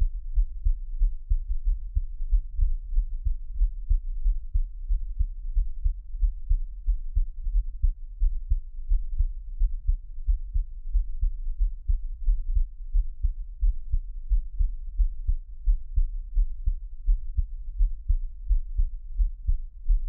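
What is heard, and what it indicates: Soft, deep thumps repeat steadily at about 88 beats a minute for twenty seconds, with no talking. This is an ordinary adult heartbeat, the person's own, heard close to the chest with a faint low hum underneath.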